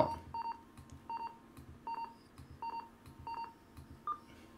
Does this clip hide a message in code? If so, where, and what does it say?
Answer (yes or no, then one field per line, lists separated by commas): no